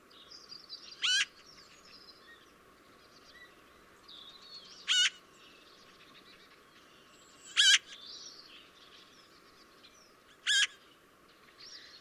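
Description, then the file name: Eurasian magpie uttering four separate harsh, rasping notes spaced about three seconds apart, with soft chirps of other birds faintly behind. "Pica pica"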